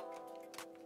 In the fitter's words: I'm going to push it downwards and across at the same time so you can see when it kind of snaps into place